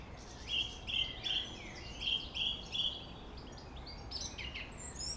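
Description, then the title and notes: Song thrush repeating a bright clipped note six times in quick succession, then high thin whistles, over a low rumble of traffic. Singing in Friedhof Columbiadamm (Neuer Garnisonsfriedhof) cemetery, Berlin; distant city traffic noise; recorded with Sony PCM D50. "Friedhof Columbiadamm, Berlin - Song thrush. Friedhof Columbiadamm (Neuer Garnisonsfriedhof), Song thrush (Singdrossel) singing, distant city. traffic noise (Sony PCM D50)"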